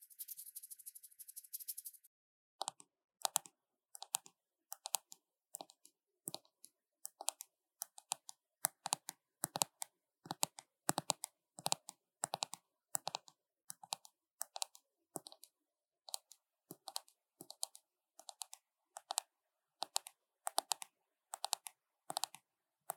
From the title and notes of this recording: ASMR 美妝用品敲擊聲 | Makeup Tapping | NO Talking.